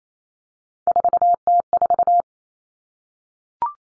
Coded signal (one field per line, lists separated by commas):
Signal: Morse code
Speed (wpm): 28 wpm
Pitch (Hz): 700 Hz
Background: none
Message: 4T4